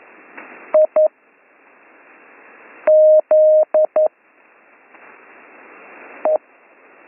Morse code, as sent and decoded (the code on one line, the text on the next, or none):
.. / --.. / .
I Z E